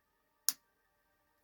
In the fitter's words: as you can see when you push it in there's that click I really hope that came on camera